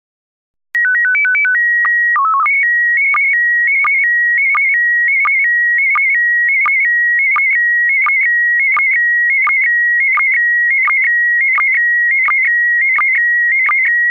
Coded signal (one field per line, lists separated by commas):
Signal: SSTV (slow-scan television)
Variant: PD 90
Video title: Slow Scan Radio, Ep. 11, October 17, 2018